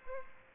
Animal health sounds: mosquito wingbeat signal from an infrared sensor; Aedes aegypti

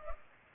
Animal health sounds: mosquito wingbeat signal from an infrared sensor; Culex pipiens

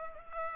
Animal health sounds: mosquito wingbeat signal from an infrared sensor; Culex pipiens

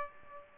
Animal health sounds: mosquito wingbeat signal from an infrared sensor; Aedes aegypti

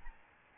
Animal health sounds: mosquito wingbeat signal from an infrared sensor; Aedes albopictus

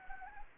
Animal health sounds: mosquito wingbeat signal from an infrared sensor; Anopheles arabiensis

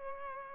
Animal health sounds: mosquito wingbeat signal from an infrared sensor; Culex pipiens

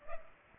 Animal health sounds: mosquito wingbeat signal from an infrared sensor; Culex pipiens

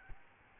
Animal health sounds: mosquito wingbeat signal from an infrared sensor; Aedes albopictus

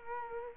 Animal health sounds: mosquito wingbeat signal from an infrared sensor; Culex quinquefasciatus

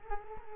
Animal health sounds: mosquito wingbeat signal from an infrared sensor; Culex quinquefasciatus

